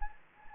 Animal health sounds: mosquito wingbeat signal from an infrared sensor; Anopheles gambiae

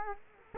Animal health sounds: mosquito wingbeat signal from an infrared sensor; Culex quinquefasciatus

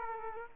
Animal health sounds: mosquito wingbeat signal from an infrared sensor; Aedes aegypti

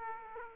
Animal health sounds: mosquito wingbeat signal from an infrared sensor; Aedes aegypti

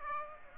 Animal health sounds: mosquito wingbeat signal from an infrared sensor; Aedes aegypti

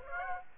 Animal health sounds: mosquito wingbeat signal from an infrared sensor; Aedes aegypti

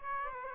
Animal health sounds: mosquito wingbeat signal from an infrared sensor; Aedes aegypti

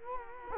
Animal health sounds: mosquito wingbeat signal from an infrared sensor; Culex quinquefasciatus

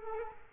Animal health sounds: mosquito wingbeat signal from an infrared sensor; Culex quinquefasciatus

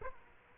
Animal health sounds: mosquito wingbeat signal from an infrared sensor; Aedes aegypti

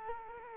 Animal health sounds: mosquito wingbeat signal from an infrared sensor; Culex quinquefasciatus

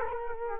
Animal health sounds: mosquito wingbeat signal from an infrared sensor; Culex quinquefasciatus

